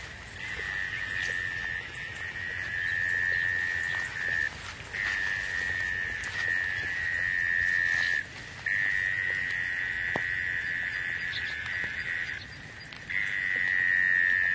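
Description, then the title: Insect song: a high steady trill in long bouts separated by brief silences, several pauses throughout, loudness swelling and fading between bouts. "你听过虫子的歌唱吗？"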